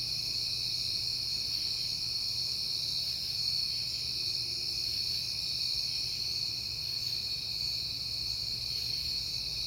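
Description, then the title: Crickets trilling continuously, high and steady, with a faint low hum across the whole stretch. Crickets at night in September, recorded on a peaceful night. "Night Time: Crickets and Passing Cars"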